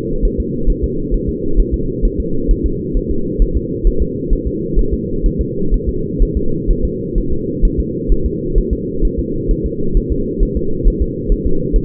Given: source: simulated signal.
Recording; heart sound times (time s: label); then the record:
fetal heart sounds
0.25 s: S1
0.40 s: S2
0.70 s: S1
0.84 s: S2
1.14 s: S1
1.29 s: S2
1.60 s: S1
1.74 s: S2
2.05 s: S1
2.20 s: S2
2.51 s: S1
2.66 s: S2
2.97 s: S1
3.11 s: S2
3.42 s: S1
3.57 s: S2
3.87 s: S1
4.02 s: S2
4.33 s: S1
4.47 s: S2
4.79 s: S1
4.94 s: S2
5.26 s: S1
5.41 s: S2
5.74 s: S1
5.89 s: S2
6.23 s: S1
6.37 s: S2
6.70 s: S1
6.85 s: S2
7.18 s: S1
7.32 s: S2
7.65 s: S1
7.80 s: S2
8.12 s: S1
8.26 s: S2
8.58 s: S1
8.73 s: S2
9.05 s: S1
9.19 s: S2
9.51 s: S1
9.66 s: S2
9.97 s: S1
10.12 s: S2
10.43 s: S1
10.57 s: S2
10.88 s: S1
11.02 s: S2
11.32 s: S1
11.46 s: S2
11.76 s: S1
From the record:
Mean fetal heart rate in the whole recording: 130 bpm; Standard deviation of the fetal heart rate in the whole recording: 4 bpm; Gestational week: 38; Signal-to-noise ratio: -8.1 dB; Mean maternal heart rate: 72 bpm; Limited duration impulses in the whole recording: absent